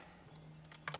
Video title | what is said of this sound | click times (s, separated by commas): 17" Head Unit Upgrade To Suit LC200 (300 SERIES STYLE UPGRADE) | Clicks right into place | 0.9 s